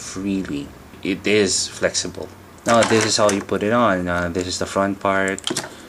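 Someone talks while handling the front armor piece of a plastic Cast Off Rider Kamen Rider Sasword action figure (COR Series), about to press it onto the figure's body. Faint handling sounds are heard under the talking, but the piece has not yet locked into place and no click has been heard.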